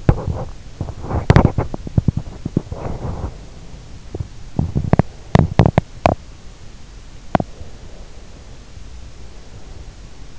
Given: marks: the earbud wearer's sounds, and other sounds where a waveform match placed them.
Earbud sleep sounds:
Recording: sounds in sleep by an in-ear microphone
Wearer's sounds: teeth grinding, breath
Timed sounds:
0.00-3.42 s: teeth grinding
4.06-6.26 s: teeth grinding
7.20-7.68 s: teeth grinding
7.70-10.39 s: breath

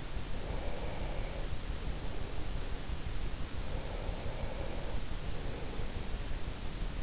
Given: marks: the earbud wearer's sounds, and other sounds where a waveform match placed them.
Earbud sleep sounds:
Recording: sounds in sleep by an in-ear microphone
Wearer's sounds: breath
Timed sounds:
0.38-2.96 s: breath
3.65-6.11 s: breath

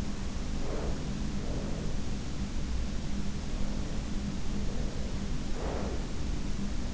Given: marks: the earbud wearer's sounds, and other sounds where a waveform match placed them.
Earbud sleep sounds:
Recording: sounds in sleep by an in-ear microphone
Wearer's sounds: breath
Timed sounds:
0.42-2.16 s: breath
3.49-6.35 s: breath

